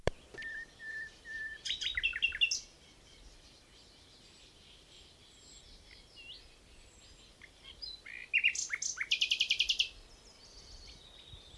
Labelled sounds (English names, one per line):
Common Nightingale song